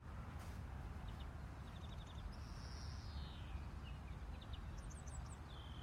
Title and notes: Greenfinch in the Lake District, UK. Notice the "screeching" part of the song! Recorded April 7th, 2023